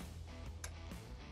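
A click-type torque wrench tightens the upper brake caliper mounting bolt during a front brake pad swap on a Sportster, over a steady low background hum. A short, sharp click sounds at 0.6 s as the wrench reaches its setting, confirming the bolts are torqued to spec.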